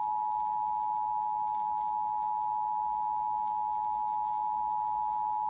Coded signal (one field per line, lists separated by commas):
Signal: Emergency Alert System (SAME) tones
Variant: 853 and 960 Hz attention tone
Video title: EAS: Massachusetts Monthly Test on WPLM-FM and Comcast (7/8/2025)